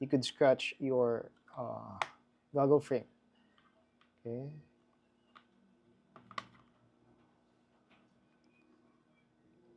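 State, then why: Released. Someone talks while prying the plastic lens cover off an HDZero FPV goggle frame to reach dust behind it, followed by a few faint taps and scrapes. At 6.4 s one of the lens cover's retaining clips releases with a sharp click, popping open.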